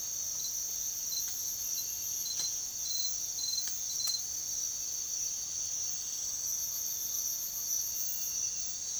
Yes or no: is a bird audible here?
yes